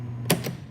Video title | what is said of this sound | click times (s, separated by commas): Waring 2qt Food Processor setup and use | this has to be turned on counterclockwise you'll hear it snap into place and when that happens this will turn on | 0.3 s